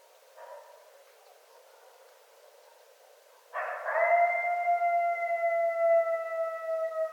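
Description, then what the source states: Coyote howling: after a faint, brief call, a loud sustained howl begins, holding an even, slightly falling tone for several seconds. Coyotes, more than one, recorded at night on 5 January 2013.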